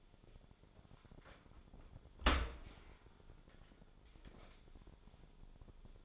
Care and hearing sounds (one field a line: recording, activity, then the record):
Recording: daily activity, microphone in the room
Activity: open dishwasher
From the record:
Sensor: 5